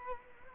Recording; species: mosquito wingbeat signal from an infrared sensor; Culex quinquefasciatus